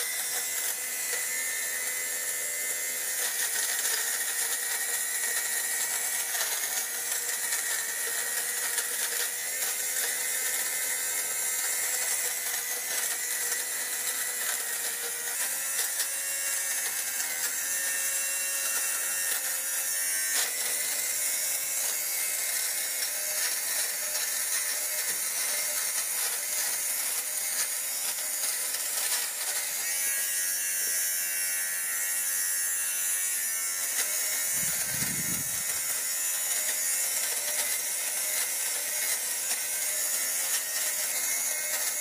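A fabric shaver runs without a break, giving a steady, bright buzzing whir with a thin high whine over it and little low rumble. The tone wavers slightly as it moves across the cloth, and a brief low thump comes around 35 seconds.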